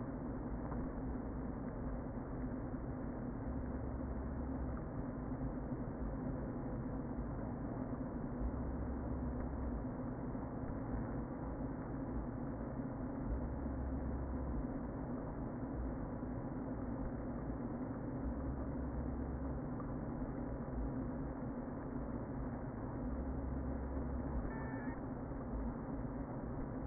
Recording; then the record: honeybee colony, microphone inside the hive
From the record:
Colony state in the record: queen present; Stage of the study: before two queens were removed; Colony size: about 60,000 bees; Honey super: yes